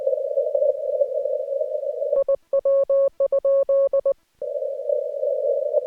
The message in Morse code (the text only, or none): IW?